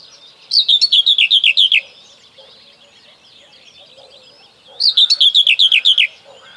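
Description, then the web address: Common whitethroat song: hurried, buzzy phrase of about ten notes, then silence, then a second matching phrase, with faint bird chatter behind. "Kurs PTTK Kurs materiały 01 Przyroda Ptaki Cierniówka"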